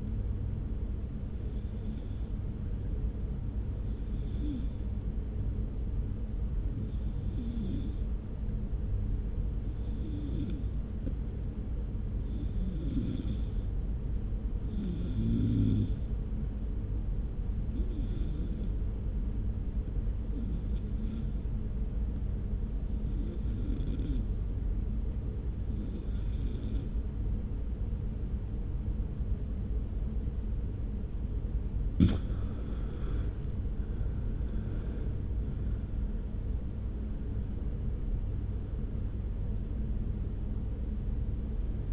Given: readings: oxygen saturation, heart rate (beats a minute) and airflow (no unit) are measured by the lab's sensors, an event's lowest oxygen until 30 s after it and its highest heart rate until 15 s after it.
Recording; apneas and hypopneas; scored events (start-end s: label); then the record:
breathing in sleep by a smartphone at the bedside; 1
10.00-29.90 s: hypopnea (N2, oxygen 94% highest, then 80% lowest)
34.00-41.93 s: new sleep stage, N1 (lightest sleep)
From the record:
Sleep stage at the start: N2 (light sleep); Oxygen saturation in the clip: 82 to 94%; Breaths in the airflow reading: 13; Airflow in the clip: -1.5 to 2.8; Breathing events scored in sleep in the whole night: 335 in 6.7 hours asleep